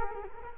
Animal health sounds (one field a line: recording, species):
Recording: mosquito wingbeat signal from an infrared sensor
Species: Culex quinquefasciatus